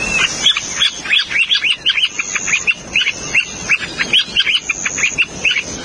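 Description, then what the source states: Semipalmated Plover chirping calls, a busy series of many short, high notes in rapid, irregular succession throughout. Chirping call; breeds in the Arctic; global population about 200,000, all in Canada and Alaska; species of low conservation concern.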